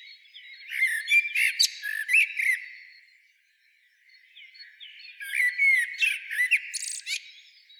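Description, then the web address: Common blackbird singing a warbled phrase laced with high squeaks, falling quiet for about two seconds, then resuming with another twittering phrase. "SETE data Turdus merula"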